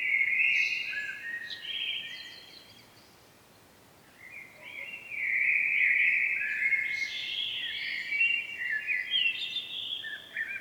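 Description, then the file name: Common blackbird gives two chattering bouts separated by a brief quiet spell. The second bout is longer and richer, ending in scattered short notes. "Turdus merula"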